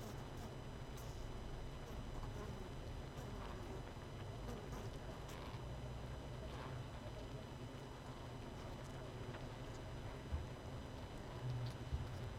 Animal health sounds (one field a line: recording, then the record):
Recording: honeybee colony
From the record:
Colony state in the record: missing queen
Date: 31 May 2018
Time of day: 20:28